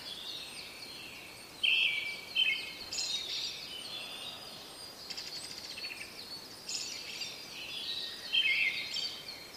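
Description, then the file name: Brown-headed thrush song: brief warbled phrases around two seconds and near the end, with a buzzy pulsed call and other birds chirping behind. "akahara"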